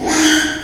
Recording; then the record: squeal of a Yucatan mini pig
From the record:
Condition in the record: after surgery on the right vocal fold (resection and tissue-engineered implant); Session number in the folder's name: 3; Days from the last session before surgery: 33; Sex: male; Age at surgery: 12 weeks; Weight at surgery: 13 kg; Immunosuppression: cyclosporine, prednisolone